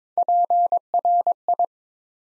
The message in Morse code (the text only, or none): PRI